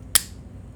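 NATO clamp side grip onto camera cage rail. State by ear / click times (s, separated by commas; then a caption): seated / 0.2 s. A side handle with a NATO quick-release clamp is pushed onto the NATO rail of a smartphone camera cage for an iPhone 17 Pro Max rig. A single sharp, bright snap lands at 0.2 s over a quiet low hum. The clamp locks and seats on the rail.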